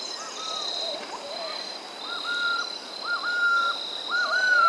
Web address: Natures Songs S America Andean Birds. Golden-Headed Quetzal (Pharomachrus Auriceps)